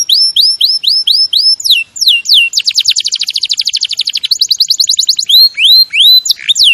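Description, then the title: Canary singing a bright series of upswept whistles, then a dense rapid trill and a chattering burst, ending with more rising whistled notes. Champion canary's song, used as a master recording for training other birds. "Masteran Kenari Juara"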